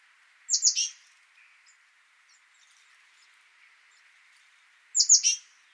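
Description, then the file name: Great tit, two brief bursts of high thin call notes several seconds apart, quiet between them. "Parus major"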